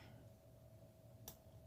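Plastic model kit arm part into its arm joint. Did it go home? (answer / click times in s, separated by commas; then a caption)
yes / 1.3 s. A plastic arm part from a 1/144 scale Real Grade Sinanju Gundam model kit is pressed into its mating arm joint. A single short, sharp tick at 1.3 s cuts through a steady background hum, and the part snaps securely into place.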